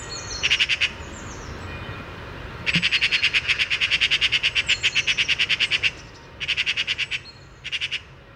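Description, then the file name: Eurasian magpie chattering in repeated harsh rattles, one long run of about three seconds between shorter bursts; faint thin bird notes appear early on. "Pica pica"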